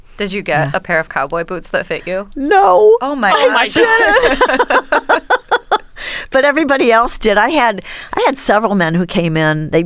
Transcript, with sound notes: Did you get a pair of cowboy boots that fit you?
No.
Oh, my God. [LAUGHTER]
But everybody else did. I had several men who came in.